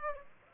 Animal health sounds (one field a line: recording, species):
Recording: mosquito wingbeat signal from an infrared sensor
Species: Aedes aegypti